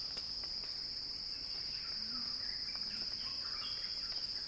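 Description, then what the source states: Cicadas droning in an unbroken high buzz, joined by a few faint low chirps. Cicada crescendo; recorded by Axel Drioli.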